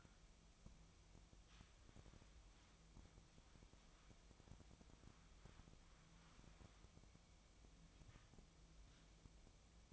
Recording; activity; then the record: daily activity, microphone in the room; wipe stove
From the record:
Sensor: 1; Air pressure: 1004.8 hPa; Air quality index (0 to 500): 80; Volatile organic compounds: 2 ppm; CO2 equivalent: 1069 ppm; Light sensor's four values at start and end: 9/23/9/10 and 9/23/9/10